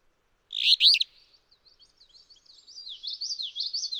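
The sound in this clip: Alder flycatcher: one abrupt, buzzy two-part phrase, followed by a long run of faint, then stronger, high warbled notes from another songbird.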